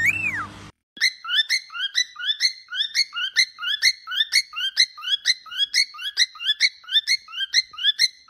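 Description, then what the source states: Cockatiel whistling, a brief separate sliding tone at the start, then a quick steady series of upward-sweeping chirps repeated about twice a second. More than one cockatiel, whistling song.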